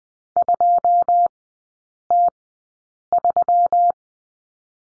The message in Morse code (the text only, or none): 2T3